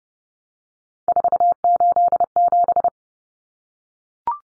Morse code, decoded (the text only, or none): 487